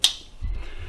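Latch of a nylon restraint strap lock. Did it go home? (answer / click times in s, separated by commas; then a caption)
yes / 0.0 s. The latch on the lock of a nylon restraint strap is pressed down and snaps shut with one sharp, bright click at 0.0 s, confirming that it is locked. Afterward, a low rumble and faint handling noise continue.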